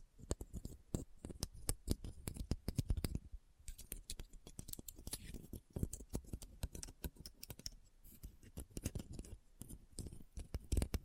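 Quick, irregular clicks, snips and taps run through the whole stretch, dense and crisp, with a brief lull near three and a half seconds.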